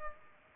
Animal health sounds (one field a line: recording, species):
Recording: mosquito wingbeat signal from an infrared sensor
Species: Culex pipiens